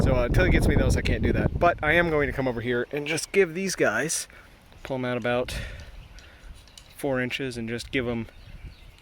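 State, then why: Not seated. Someone talks while handling inline wire tensioners on a monofilament garden fence line, pulling each line out about four inches so it can be ratcheted tight and not shift around in the wind. A few faint sharp ticks are heard, but nothing has seated or clicked yet.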